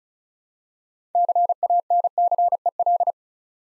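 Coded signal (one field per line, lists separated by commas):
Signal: Morse code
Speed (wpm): 36 wpm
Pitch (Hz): 700 Hz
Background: none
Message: CANCEL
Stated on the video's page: Morse practice of 6-letter words at 35 wpm; first letters are spoken, then each word is sent twice.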